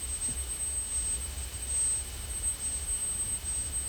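A faint, steady high-pitched test tone in a hearing test holds unbroken for the whole few seconds, thin and pure, over a low rumbling background hum with no voices.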